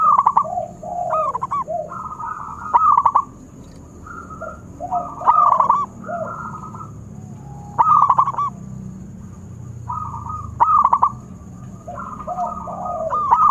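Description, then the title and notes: Zebra dove delivering clipped cooing bursts and soft rolling phrases, with lower notes in between and a thin steady high whine throughout. Long-duration lure recording of a zebra dove singing prolifically (described as gacor). "Pancingan Perkutut Durasi Panjang. Suara Burung Perkutut Gacor"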